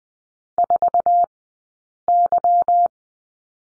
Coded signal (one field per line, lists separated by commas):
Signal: Morse code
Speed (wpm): 20 wpm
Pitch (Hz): 700 Hz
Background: none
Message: 4Y